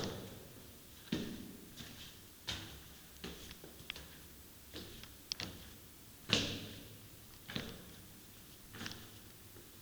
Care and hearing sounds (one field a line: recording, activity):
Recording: daily activity, guitar pickup as the sensor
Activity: go downstairs